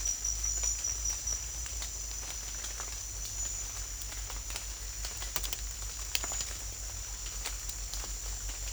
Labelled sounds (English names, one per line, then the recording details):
none
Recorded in secondary vegetation near Puerto Asís, Putumayo, Colombia, on 21 December 2024 at 08:00
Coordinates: 0.484, -76.319
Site GP06